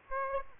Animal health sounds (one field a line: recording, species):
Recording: mosquito wingbeat signal from an infrared sensor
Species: Aedes aegypti